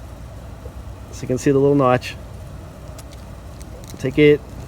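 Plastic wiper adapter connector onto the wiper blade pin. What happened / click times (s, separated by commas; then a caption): Handled, not yet home: the small plastic connector has not clicked onto its pin / none. Someone talks while handling the small plastic wiper adapter connector, lining it up with the pin inside a new wiper blade for a 2009–2017 Ford Expedition. Faint handling sounds are heard around 3.6 to 3.9 seconds, against a low background hum. Nothing has seated or clicked yet.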